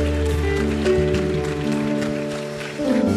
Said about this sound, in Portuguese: A igreja pode aplaudir ao Rei dos Reis, Senhor dos Senhores.